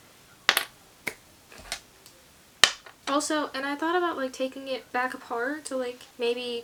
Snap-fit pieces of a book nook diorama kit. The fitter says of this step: Like it clicks together, like you heard that.